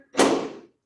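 A hinged lid on a reformer-type Pilates trainer is shut over two light resistance tubes hooked into place beneath it. It gives a single sharp click at 0.2 s that rings briefly and fades by about 0.7 s. The lid is securely fastened, holding the tubes in place.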